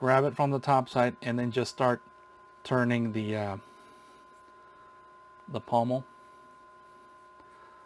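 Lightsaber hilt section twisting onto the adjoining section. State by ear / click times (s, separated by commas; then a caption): not seated / none. A lightsaber hilt section is being twisted onto the adjoining section by turning it with the palm, still rotating before it locks into place. Someone talks in short bursts, with quiet pauses between them and a faint steady hum underneath. Nothing has seated or clicked yet.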